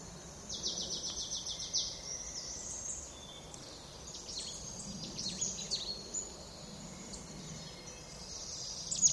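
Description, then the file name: Marsh tit calls: a quick high rattle of repeated notes near the start, followed by scattered thin chips and short high phrases against a soft background hiss. "Poecile palustris"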